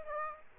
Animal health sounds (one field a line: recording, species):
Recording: mosquito wingbeat signal from an infrared sensor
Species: Aedes aegypti